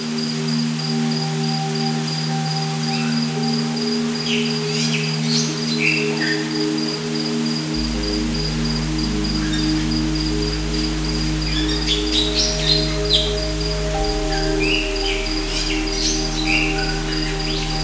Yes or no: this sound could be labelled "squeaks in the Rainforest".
yes